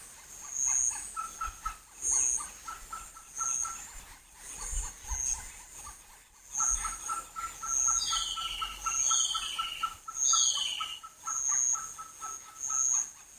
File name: malabar pied hornbill